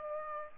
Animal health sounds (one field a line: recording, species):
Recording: mosquito wingbeat signal from an infrared sensor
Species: Aedes aegypti